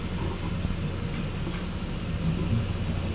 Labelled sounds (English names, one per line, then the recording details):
none
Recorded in pastures near Puerto Asís, Putumayo, Colombia, on 21 December 2024 at 14:30
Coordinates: 0.505, -76.324
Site G063